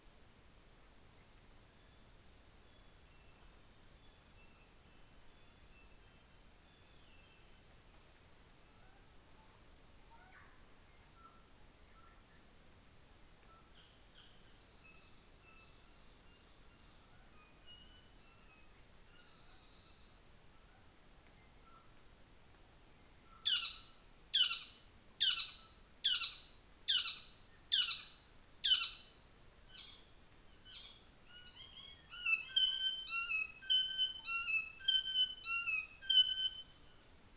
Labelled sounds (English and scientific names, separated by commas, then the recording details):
North Island Saddleback (Philesturnus rufusater)
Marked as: faintness 4/5, faintness 3/5, faintness 1/5, faintness 2/5
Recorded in New Zealand on 24 December 2018
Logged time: 17:00